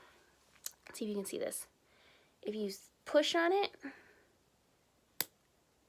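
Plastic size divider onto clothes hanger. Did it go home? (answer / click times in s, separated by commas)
yes / 5.2 s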